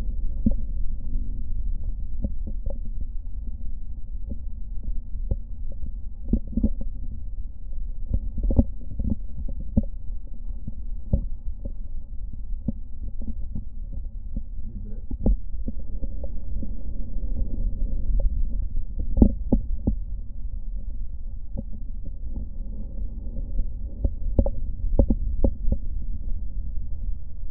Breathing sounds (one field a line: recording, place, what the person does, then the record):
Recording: lung sounds by stethoscope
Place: right posterior basal chest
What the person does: quiet breathing, then deep breathing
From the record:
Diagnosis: none (healthy)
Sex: male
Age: 23 years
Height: 185 cm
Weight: 93 kg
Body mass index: 27.2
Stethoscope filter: diaphragm mode